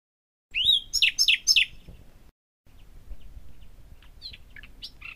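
Common nightingale song: a few loud, full, repeated notes in quick succession open the phrase, followed by quieter, scattered, varied chips and whistles.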